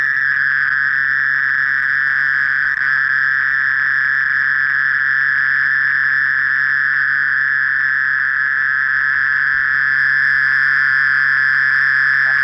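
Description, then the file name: Mole cricket giving a steady, unbroken buzzing trill at constant pitch throughout. "Gryllotalpa sp"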